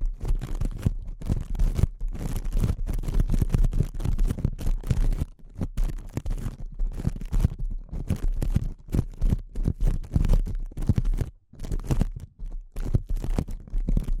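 Delicate tapping with a soft scratchy, scraping texture runs almost continuously, the taps coming quickly and irregularly in dense clusters. The sound sits mostly low and muffled, with brief quiet gaps near 5.5 and 11.5 seconds before the tapping resumes.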